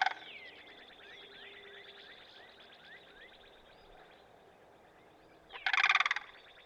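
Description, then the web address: Sandhill crane giving a loud, rolling, rattled call in a short burst near the end, after faint chirps from other birds. "Dan Gibson Wildlife Identification By Sound, Western North America. Sandhill Crane"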